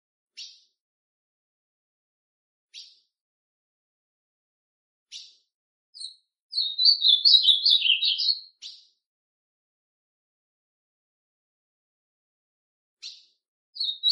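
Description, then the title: Ultramarine grosbeak giving a few spaced sharp chip notes, then a warbled song phrase of about two seconds, followed by more chips. Classic song style. "Azulão Canto Clássico"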